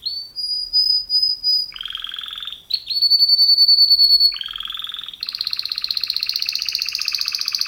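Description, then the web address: Canary song: a high whistled note, a lower buzzy roll, another whistle, another lower roll, then a long fast rattling trill. Male canary. "kenar businka canto kenar"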